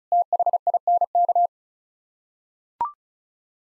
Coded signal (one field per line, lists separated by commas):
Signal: Morse code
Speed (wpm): 36 wpm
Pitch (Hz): 700 Hz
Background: none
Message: THINK